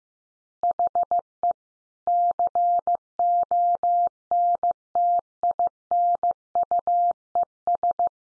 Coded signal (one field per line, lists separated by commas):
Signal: Morse code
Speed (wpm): 15 wpm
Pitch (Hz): 700 Hz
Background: none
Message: HE CONTINUES